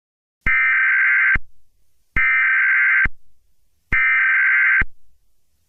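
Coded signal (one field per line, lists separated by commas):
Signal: Emergency Alert System (SAME) tones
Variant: header bursts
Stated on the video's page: Fictional EAS scenario.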